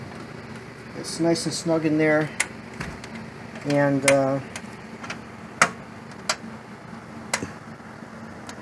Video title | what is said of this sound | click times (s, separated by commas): MSI Z170a Gaming Pro Carbon... Installing Windows... Attempt 1 | that probably should pop into place if I have this right but it's not doing so | none